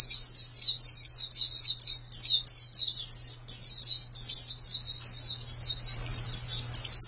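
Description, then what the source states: White-eye song, a continuous rush of very high, thin, slurred notes repeated quickly, with a steady low hum underneath. Chirping song.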